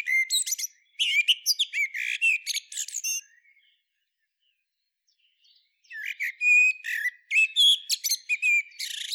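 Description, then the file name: Common blackbird twittering song: a fast burst of high squeaky notes, a pause, then another lively run of chirps and sweeps. "Turdus merula"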